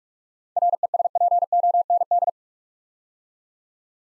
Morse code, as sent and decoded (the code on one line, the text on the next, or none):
.-. . ... .--. --- -. -..
RESPOND